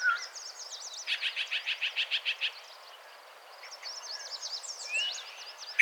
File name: Yellow breasted Chat